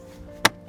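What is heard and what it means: The final plastic interior trim piece is pressed back into a Subaru WRX interior over a low, steady musical hum. A single sharp, bright snap at 0.5 s marks its clips popping into place, and the piece is seated.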